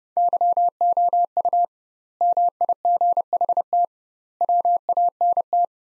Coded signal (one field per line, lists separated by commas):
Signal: Morse code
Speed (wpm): 32 wpm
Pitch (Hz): 700 Hz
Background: none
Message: YOU MIGHT WANT